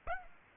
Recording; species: mosquito wingbeat signal from an infrared sensor; Aedes aegypti